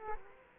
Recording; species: mosquito wingbeat signal from an infrared sensor; Culex quinquefasciatus